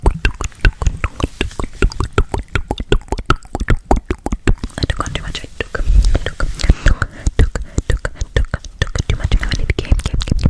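Fast, aggressive mouth sounds fill the clip: a rapid, nearly continuous run of wet clicks, pops and smacks. The bursts come several per second with little pause, some crisp and bright, others thicker and lower.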